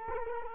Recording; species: mosquito wingbeat signal from an infrared sensor; Culex quinquefasciatus